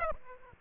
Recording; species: mosquito wingbeat signal from an infrared sensor; Aedes aegypti